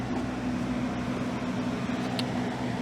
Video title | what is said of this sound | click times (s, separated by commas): 2014-2018 Jeep Grand Cherokee bumper replacement, Part 2 - ReveMoto | there we go put a little bit of force they'll snap into place | 2.2 s